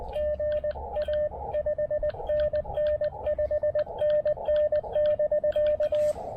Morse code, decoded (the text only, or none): GA 5NN 5NN <BK>